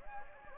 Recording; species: mosquito wingbeat signal from an infrared sensor; Anopheles gambiae